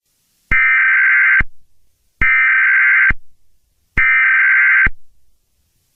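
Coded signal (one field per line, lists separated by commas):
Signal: Emergency Alert System (SAME) tones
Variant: header bursts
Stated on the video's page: Fictional EAS scenario, not a real alert.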